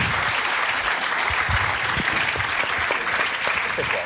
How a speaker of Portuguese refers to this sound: Ok, nós uma salva de palmas aqui para o estagiário. Estagiário.